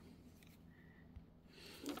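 A folded-down metal SIM card holder in an ANYSECU E91 handheld radio is pressed and slid to lock after the SIM card is reseated. Over a quiet background, small clicks sound at 1.9 s and 2.0 s as the holder locks with the SIM card in place.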